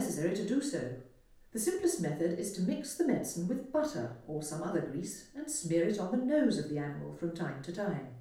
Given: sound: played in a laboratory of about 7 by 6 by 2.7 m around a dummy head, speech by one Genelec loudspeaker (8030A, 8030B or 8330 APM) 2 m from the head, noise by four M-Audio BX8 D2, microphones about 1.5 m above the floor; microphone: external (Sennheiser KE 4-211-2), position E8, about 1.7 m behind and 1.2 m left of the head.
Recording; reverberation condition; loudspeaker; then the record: female speech in English; medium; 60 degrees to the left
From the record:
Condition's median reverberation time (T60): about 510 ms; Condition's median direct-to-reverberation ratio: about -0.5 dB